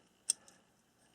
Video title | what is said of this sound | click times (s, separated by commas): Colt 1908 Vest Pocket Pistol Cal 25, Part 1 by FirearmPop | that's the place where it turns and then it locks in place this way okay | 0.3 s